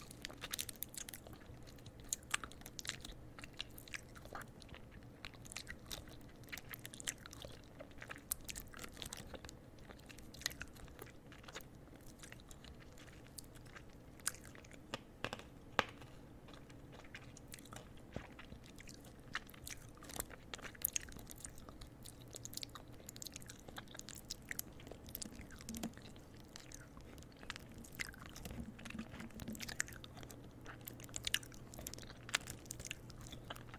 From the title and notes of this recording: ASMR Nibbling On Candy Cane (Tingly Mouth Sounds).